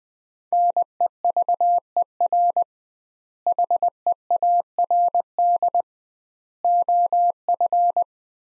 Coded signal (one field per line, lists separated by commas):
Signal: Morse code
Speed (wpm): 20 wpm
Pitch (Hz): 700 Hz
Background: none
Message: NEVER HEARD OF